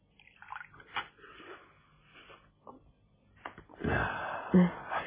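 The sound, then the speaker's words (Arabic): Scattered soft clinks and shuffling give way to a rushing splash of water poured into a glass, topped by a single bright drop from a jar landing in it just before the end. “حاضر يا ستي، ادي كوباية مية وادي نقطة واحدة من الجرة.”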